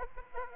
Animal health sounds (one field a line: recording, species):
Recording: mosquito wingbeat signal from an infrared sensor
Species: Aedes aegypti